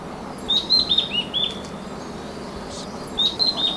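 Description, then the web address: Mountain wren-babbler giving two short bursts of high whistled notes, the first a descending run of several slurred whistles, the second a brief trio, with soft hiss behind. Recorded at Bukit Ular on Mount Kinabalu, 14 August 2009. "MTKINABALUBUKITULAR. mountain wren-babbler"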